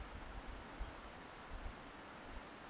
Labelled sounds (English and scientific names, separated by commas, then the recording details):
Eurasian Woodcock (Scolopax rusticola) whistle
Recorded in Baden-Württemberg, Germany, on 30 May 2021 at 20:02 UTC
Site 43323, 910 m above sea level